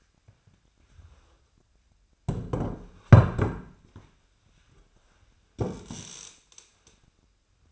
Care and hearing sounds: daily activity, microphone in the room; sit down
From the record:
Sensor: 2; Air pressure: 1007.8 hPa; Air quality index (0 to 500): 179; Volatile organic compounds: 9 ppm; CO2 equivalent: 2195 ppm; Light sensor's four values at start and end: 10/24/10/10 and 10/23/10/10

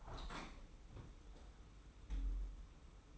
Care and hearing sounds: daily activity, microphone in the room; open window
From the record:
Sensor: 1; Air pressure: 991.2 hPa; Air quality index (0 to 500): 110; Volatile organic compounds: 108 ppm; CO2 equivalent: 3805 ppm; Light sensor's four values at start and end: 37/116/46/47 and 38/118/47/48

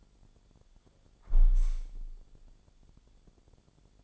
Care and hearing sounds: daily activity, microphone in the room; close window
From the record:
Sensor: 5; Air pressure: 1000.6 hPa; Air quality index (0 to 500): 138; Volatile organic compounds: 2 ppm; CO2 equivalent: 1062 ppm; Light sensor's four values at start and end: 41/96/40/43 and 41/96/40/43

